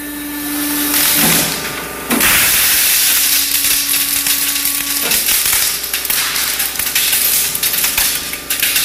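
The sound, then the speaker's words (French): A 23-foot-long sheet of bubble wrap bursting all at once: a loud, dense, continuous crackle of rapid pops lasting several seconds, with a steady mechanical hum underneath and a brief dip early on. “Donc on va aller voir de quoi ça a l'air quand on fait péter 23 pieds de long de bubble wrap.”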